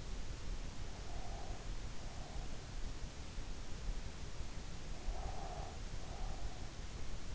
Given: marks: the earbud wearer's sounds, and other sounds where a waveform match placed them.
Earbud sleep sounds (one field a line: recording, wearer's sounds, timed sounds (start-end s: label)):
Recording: sounds in sleep by an in-ear microphone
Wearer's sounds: breath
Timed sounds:
0.92-2.92 s: breath
4.96-6.91 s: breath